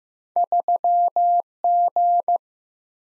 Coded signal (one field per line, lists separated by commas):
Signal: Morse code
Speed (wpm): 15 wpm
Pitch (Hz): 700 Hz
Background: none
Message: 3G